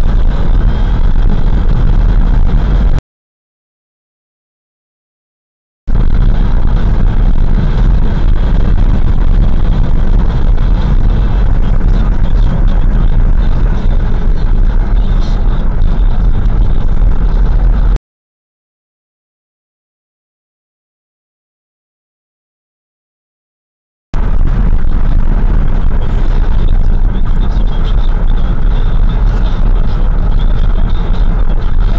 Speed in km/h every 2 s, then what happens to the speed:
83, 83, 82, 82, 82, 83, 75, 68, 70, 73, 78, 79, 78, 75, 74, 78.
0-10 steady at about 82. 10-14 brakes to 68. 14-20 speeds up to 78. 20-32 steady at about 78.